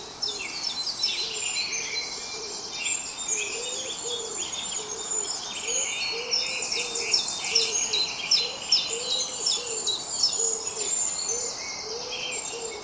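Birds in a dawn chorus: many high, overlapping chirps and trills with a low, soft hooting phrase repeated through the whole stretch.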